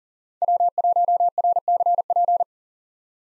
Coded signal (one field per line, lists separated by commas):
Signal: Morse code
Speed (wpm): 40 wpm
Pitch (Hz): 700 Hz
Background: none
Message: W1RCP